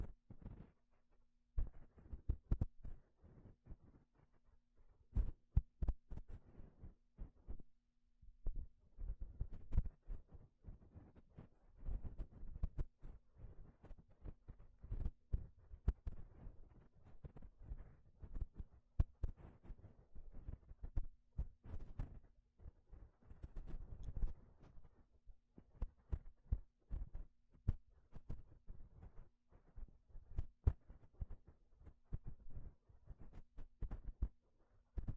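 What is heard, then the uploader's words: Gloves being handled produce a busy run of soft rubbing, flapping and snapping sounds, dense and irregular throughout the half minute. Sharp slaps stand out among lower thumps, and a faint steady low hum sits underneath. 5 different GLOVES Sounds. (No Talking).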